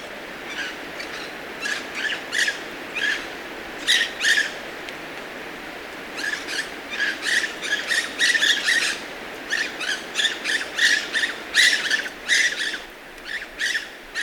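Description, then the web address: Bird calls, bursts of squeaky chattering notes repeated in irregular clusters, growing busier in the second half. Recorded in Ecuador, South America. "Natures Songs S America Birds of Ecuador"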